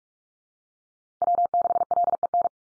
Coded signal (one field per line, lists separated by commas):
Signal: Morse code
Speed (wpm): 44 wpm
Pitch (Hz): 700 Hz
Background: none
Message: W6LEN